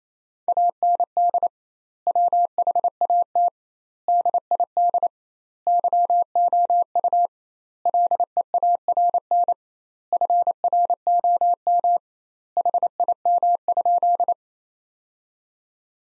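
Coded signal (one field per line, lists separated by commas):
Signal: Morse code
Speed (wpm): 28 wpm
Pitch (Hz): 700 Hz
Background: none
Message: AND WHAT DID YOU LEARN FROM HIM?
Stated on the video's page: Sentences from the top 300 words at 28 wpm with 2x standard word spacing, a Farnsworth-like practice drill.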